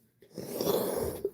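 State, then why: Not seated. A body panel piece is pressed by hand into the groove it sits in, producing a broad scraping, rubbing noise that starts around 0.2 s, swells through the middle of the clip and fades near 1.2 s, followed by a brief sharp knock at 1.3 s. The panel gets hung up in the groove and nothing has seated or clicked yet.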